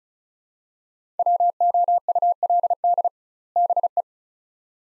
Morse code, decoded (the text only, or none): WOULD BE